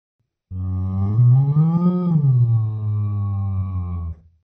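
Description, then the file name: Sheep giving one drawn-out low bleat of about four seconds, climbing briefly in pitch halfway through before settling back down. "Schaf"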